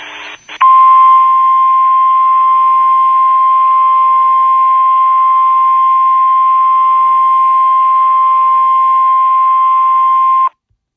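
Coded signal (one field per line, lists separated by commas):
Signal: Emergency Alert System (SAME) tones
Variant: 1050 Hz attention tone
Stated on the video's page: NOAA Weather Radio winter storm warning from the Green Bay transmitter.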